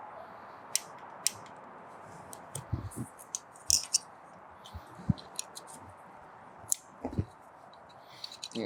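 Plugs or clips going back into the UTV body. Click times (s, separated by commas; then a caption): 0.8 s, 1.3 s, 3.7 s, 4.0 s, 6.7 s. After an oil change on a SPEED UTV, plugs or clips are pushed back into place in the UTV body. Each one pops in with a sharp click at 0.8, 1.3, 3.7, 4.0 and 6.7 seconds, with softer handling sounds in between, and all of them end up seated.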